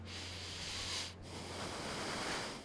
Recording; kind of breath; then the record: one breath in and out by a microphone near the nose and mouth; deep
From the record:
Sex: male